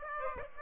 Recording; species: mosquito wingbeat signal from an infrared sensor; Aedes aegypti